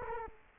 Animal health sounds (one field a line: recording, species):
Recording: mosquito wingbeat signal from an infrared sensor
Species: Culex quinquefasciatus